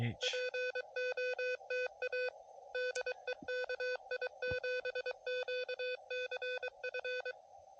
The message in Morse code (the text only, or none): POTA DE KI7QCF